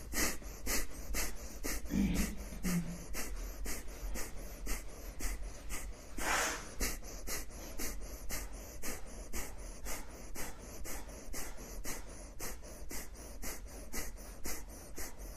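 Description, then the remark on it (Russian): Kapalabhati rapid, forceful yogic breathing, done for one minute: sharp, breathy exhalations pumped out in a fast, steady rhythm, about two or three per second, continuing for the whole stretch with no talking. “Начали капалабхати дышать, поехали, дышим минуту.”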